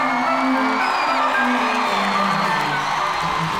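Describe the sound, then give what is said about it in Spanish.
A crowd cheers and whoops over steady applause welcoming the hosts at the start of the radio show Trastorno Tripolar on Radiola, a loud, dense wash of clapping with shouted voices rising above it, sustained throughout without a break. “Reciban con un fuerte aplauso a Don Diazepam y a Don Lexatin.”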